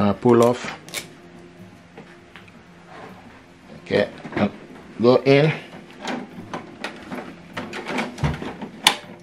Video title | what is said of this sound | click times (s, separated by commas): HP Deskjet 2620 How to Replace Ink or Changing Ink and Overview | Okay, and you hear a click sound. | 8.9 s